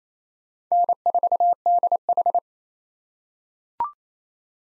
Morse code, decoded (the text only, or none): N4DH